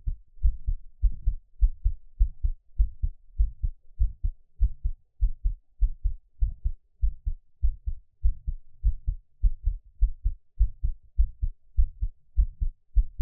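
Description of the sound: A person's own heartbeat, close-miked: normal adult heart sounds beating steadily, with no talking.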